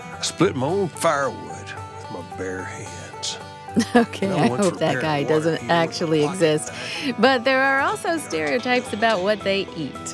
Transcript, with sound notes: split my own firewood with my bare hands.
(chuckling) Okay, I hope that guy doesn’t actually exist. But there are also stereotypes about what they eat.